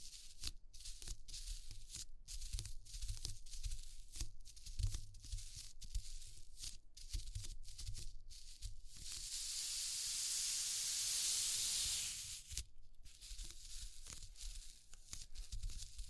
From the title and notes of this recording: ASMR Exploring Textures (No Talking).